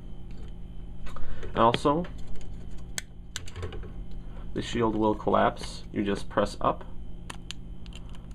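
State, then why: Seated. Someone talks while collapsing the plastic arm shield of an MG 1/100 RX-178 Gundam Mk.II Titans ver 2.0 model kit, pressing its sections up and then forward. A few sharp plastic ticks sound along the way, and the shield section locks into the collapsed position with a crisp click at 7.5 s.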